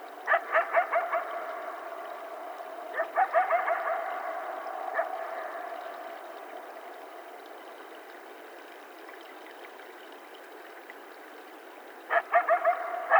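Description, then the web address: Coyote yips in short, rapid bursts of several notes, repeated a few times, with a constant tonal hum behind them. Several coyotes, recorded on 12 July 2010. "Coyote 2010 07 12 Coyotes"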